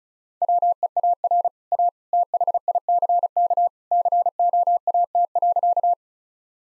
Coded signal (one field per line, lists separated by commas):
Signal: Morse code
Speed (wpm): 36 wpm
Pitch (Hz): 700 Hz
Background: none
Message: WEAR A THICK COAT.